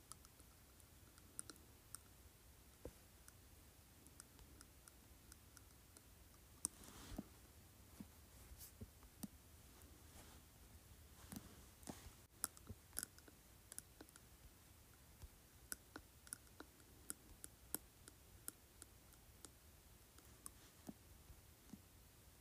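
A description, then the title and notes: A glass cup clinks against teeth, producing short, bright ticks scattered irregularly across the recording, with a slightly busier stretch around the middle. A low, steady hum and faint rustling sit underneath the clicks. ASMR Glass Cup Clinking on my Teeth.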